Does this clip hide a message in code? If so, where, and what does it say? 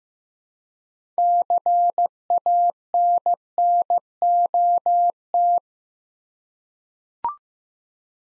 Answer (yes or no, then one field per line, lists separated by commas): yes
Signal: Morse code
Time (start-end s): 1.2-5.6 s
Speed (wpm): 15 wpm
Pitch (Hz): 700 Hz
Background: none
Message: CANNOT